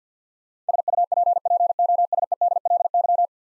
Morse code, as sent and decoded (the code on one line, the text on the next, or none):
... ..- .--. .--. --- ... . -.. .-.. -.--
SUPPOSEDLY